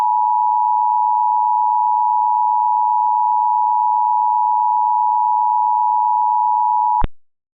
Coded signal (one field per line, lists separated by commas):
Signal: Emergency Alert System (SAME) tones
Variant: 853 and 960 Hz attention tone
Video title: EAS SCENARIO EARTH'S DISASTER CRISIS EPISODE 1 EAST COAST, LAKE MICHIGAN, AND WEST COAST CHAOS